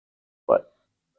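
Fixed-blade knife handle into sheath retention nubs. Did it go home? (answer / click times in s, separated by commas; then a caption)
released / 0.5 s. A Condor Terrasaur fixed-blade knife is pulled out of its molded sheath, where two nubs inside sit in indents on the handle to hold it, and it is not easy to unsheathe. A single short, mid-pitched pop sounds at 0.5 s as the retention lets go, with silence before and after. The knife comes free of the sheath.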